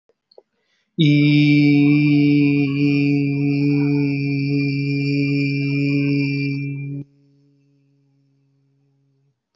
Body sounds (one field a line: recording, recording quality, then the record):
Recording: sustained vowel as in beet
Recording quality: moderate, slight background noise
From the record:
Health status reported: healthy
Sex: male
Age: 30 years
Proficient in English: yes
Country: India